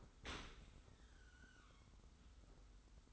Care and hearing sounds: daily activity, microphone in the room; open dishwasher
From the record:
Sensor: 3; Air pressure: 991.3 hPa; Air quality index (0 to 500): 138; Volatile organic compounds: 270 ppm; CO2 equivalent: 4412 ppm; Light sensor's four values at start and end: 54/145/59/52 and 53/145/59/52

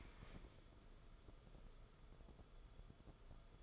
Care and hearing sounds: daily activity, microphone in the room; stand up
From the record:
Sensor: 5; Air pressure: 994.5 hPa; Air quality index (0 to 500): 184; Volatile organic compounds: 1000 ppm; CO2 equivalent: 5387 ppm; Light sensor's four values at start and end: 24/59/24/29 and 23/57/24/28

